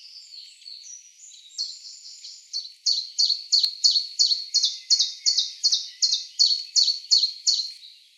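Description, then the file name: Common chiffchaff song: after soft chirps, a steady run of bright high notes, about three a second, going on for nearly five seconds. Recorded on 1 June 2013. "01 06 2013 Zilpzalp"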